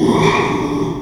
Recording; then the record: squeal of a Yucatan mini pig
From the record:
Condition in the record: after surgery on the right vocal fold (resection and tissue-engineered implant); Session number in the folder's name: 1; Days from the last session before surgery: 6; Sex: male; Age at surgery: 12 weeks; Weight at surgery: 13 kg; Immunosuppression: cyclosporine, prednisolone